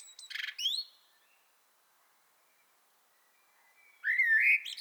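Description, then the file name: Common blackbird song phrases, a brief whistled note with a high twittery flourish, then silence, then another fluted, slightly rising whistle with high squeaky trills. "Turdus merula"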